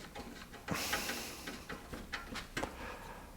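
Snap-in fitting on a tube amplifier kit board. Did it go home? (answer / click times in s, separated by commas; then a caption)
no / none. A snap-in part for an Elekit TU-8900VK single-ended tube amplifier kit is lined up and pushed onto the amplifier's PCB. Light scrapes and taps of handling are heard, with a louder knock near 0.7 s and another sharp handling knock near 2.6 s. Nothing has seated or clicked into place yet.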